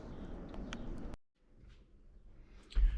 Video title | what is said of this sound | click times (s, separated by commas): BLITZ MOLIN EXCLUSIVE!! DOOR PANELS FOR DUMMIES (Like Me) v1.0 | All right. So, I got it popped into place. | 0.7 s